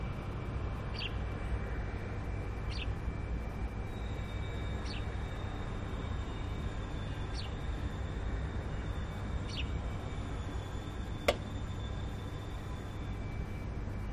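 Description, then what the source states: Sparrow chirps, short sharp single notes repeated roughly every two seconds, about five in all, over a constant low engine-like rumble and a steady faint hum. Recorded at Musaffah Corniche.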